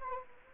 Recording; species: mosquito wingbeat signal from an infrared sensor; Anopheles arabiensis